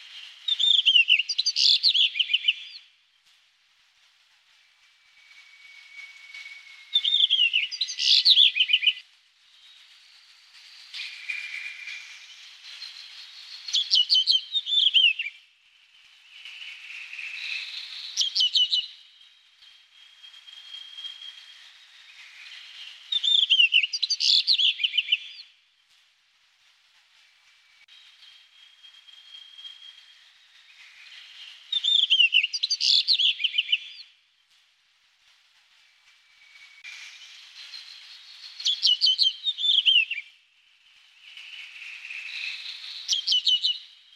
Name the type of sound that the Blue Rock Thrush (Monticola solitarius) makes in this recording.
song